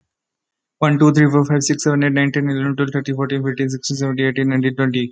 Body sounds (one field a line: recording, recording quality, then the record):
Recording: counting at a fast pace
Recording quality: excellent, no background noise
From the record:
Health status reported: healthy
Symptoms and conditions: none ticked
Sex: male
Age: 20 years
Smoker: not ticked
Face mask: not worn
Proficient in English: yes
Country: India